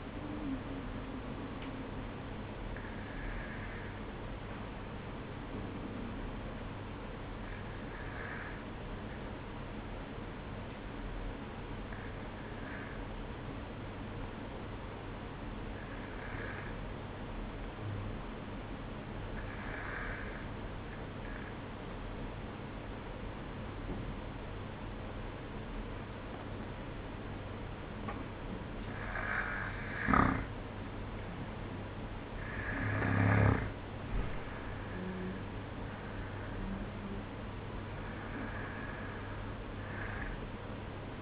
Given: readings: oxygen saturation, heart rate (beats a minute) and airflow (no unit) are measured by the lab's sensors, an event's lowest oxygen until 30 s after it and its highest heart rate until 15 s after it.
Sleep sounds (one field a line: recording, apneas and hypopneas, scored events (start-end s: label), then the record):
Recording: breathing in sleep by a voice recorder at the bedside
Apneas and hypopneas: none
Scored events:
none scored
From the record:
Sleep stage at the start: N2 (light sleep)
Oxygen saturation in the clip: 92 to 94%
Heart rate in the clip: 52 to 57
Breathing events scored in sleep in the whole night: 305 in 9.6 hours asleep